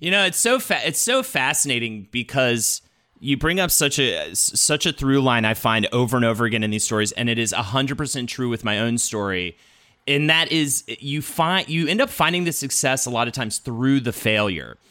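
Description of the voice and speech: One adult man talking in relaxed, fluent conversational speech during an interview, with only everyday word restarts and short pauses.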